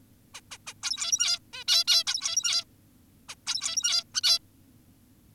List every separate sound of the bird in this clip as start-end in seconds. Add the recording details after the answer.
0.34-0.41, 0.51-0.58, 0.67-0.74, 0.83-1.39, 1.53-1.64, 1.68-1.84, 1.88-2.04, 2.07-2.64, 3.29-3.35, 3.47-4.04, 4.14-4.21, 4.24-4.39. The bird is an adult. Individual g17y2U